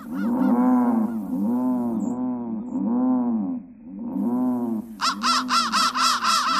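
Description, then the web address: Crow calling with long, deep, hoarse caws in slow succession, then a burst of higher, quicker rasping caws. "soundfactory crow"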